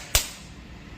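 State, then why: Seated. A metal retaining lock ring is fitted into its groove in the bearing housing while the AC compressor bearing of a Maruti 800 is being refitted. A single sharp metallic snap is heard at 0.2 s, followed by quiet background and a faint tap near 1.0 s. The lock ring is seated properly in place.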